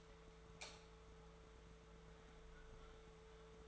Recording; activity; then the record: daily activity, microphone in the room; light on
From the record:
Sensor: 3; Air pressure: 1014.7 hPa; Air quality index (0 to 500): 194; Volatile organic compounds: 25 ppm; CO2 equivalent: 2830 ppm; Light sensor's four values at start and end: 11/26/10/11 and 13/36/14/14